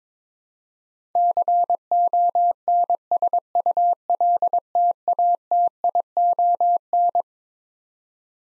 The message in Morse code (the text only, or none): CONSULTATION